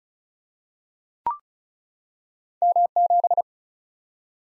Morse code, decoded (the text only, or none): M7